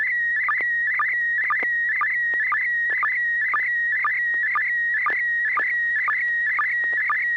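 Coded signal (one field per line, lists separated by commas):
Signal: SSTV (slow-scan television)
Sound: steady high warbling tone with quick regular chirping dips about twice a second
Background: low mains hum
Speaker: carol will have a chance to take a look at the picture and give us some comments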